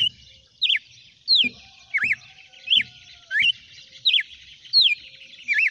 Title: Canto Galo Campina Fêmea. GALO DE CAMPINA NO CANTO AÇOITE